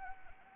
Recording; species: mosquito wingbeat signal from an infrared sensor; Anopheles arabiensis